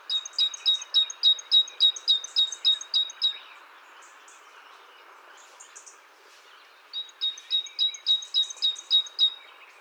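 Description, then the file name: Great tit song in two bursts of fast repeated high, ringing double notes, separated by a few seconds of soft background chirping. "Parus major"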